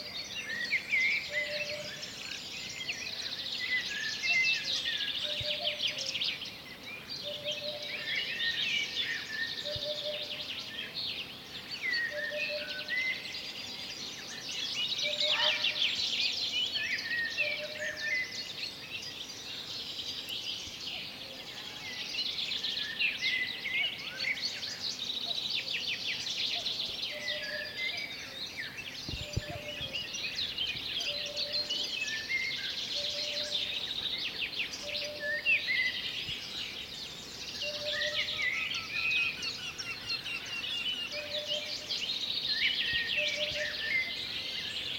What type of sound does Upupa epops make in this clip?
song